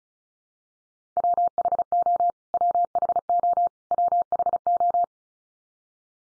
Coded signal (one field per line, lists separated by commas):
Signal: Morse code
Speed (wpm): 34 wpm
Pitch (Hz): 700 Hz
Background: none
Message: WHO WHO WHO